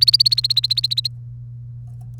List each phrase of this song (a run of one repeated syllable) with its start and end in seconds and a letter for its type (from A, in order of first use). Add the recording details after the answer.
0.00-1.08 A. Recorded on 1 May 2018 at 08:26. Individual llb3